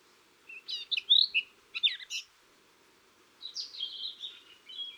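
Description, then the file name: Eurasian blackcap: songbird warbling in short chattering bursts followed by a softer, slurred phrase, with a steady low hum underneath. "Sylvia atricapilla"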